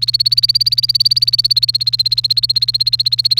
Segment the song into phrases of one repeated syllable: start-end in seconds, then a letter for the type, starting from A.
0.00-3.39 A